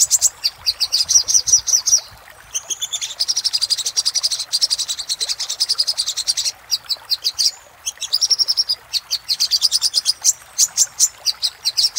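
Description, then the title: Little spiderhunter song: long sequences of fast, sharp, high-pitched chirps in rolling bursts, separated by brief pauses. "Masteran Burung Sogok Ontong Labaik"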